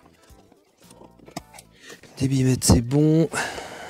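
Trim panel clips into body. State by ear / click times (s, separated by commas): not seated / none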